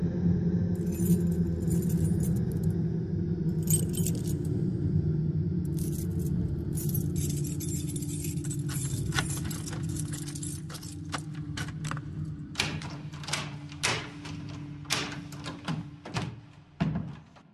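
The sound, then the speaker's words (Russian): A bunch of keys being pulled from a pocket jangles and clinks in bright metallic bursts, sharpening into a flurry of quick taps near the end, over a steady low engine-like rumble. “Выругался в полголоса грабитель, зажимая под мышкой неудобный фонарь и доставая из кармана пресловутую связку ключей.”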